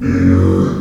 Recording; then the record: squeal of a Yucatan mini pig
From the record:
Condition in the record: after surgery on the right vocal fold (resection and tissue-engineered implant); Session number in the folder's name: 12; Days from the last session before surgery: 105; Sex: female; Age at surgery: 19 weeks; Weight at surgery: 25 kg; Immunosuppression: prednisolone